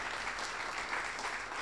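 Steady applause from a conference audience for the speaker, Mariano Cúneo Libarona, a dense wash of many hands clapping at an even loudness for the whole stretch, with no voices standing out.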